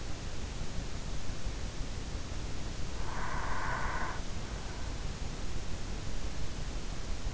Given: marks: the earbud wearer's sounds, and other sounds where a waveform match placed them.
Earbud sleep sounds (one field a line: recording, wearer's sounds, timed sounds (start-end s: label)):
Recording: sounds in sleep by an in-ear microphone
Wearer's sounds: breath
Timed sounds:
2.63-4.56 s: breath